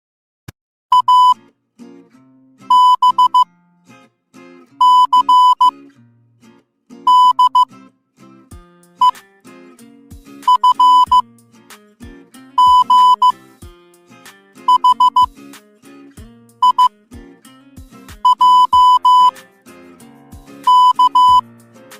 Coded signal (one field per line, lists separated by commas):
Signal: Morse code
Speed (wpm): 15 wpm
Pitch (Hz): 1000 Hz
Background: music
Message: A B C D E F G H I J K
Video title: MORSE CODE WITH SOUND 4K - Learning